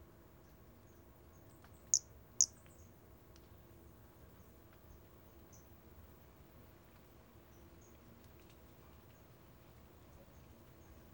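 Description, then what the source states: Brachycephalus albolineatus calls as two loud, very high, clipped chirps half a second apart, followed by faint scattered high notes over a low steady hum. Recorded 4 February 2016.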